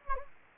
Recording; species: mosquito wingbeat signal from an infrared sensor; Anopheles gambiae